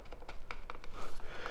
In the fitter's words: i mean it feels like it locks if you twist it it does feel like it kind of locks but i can pick it right up back up again so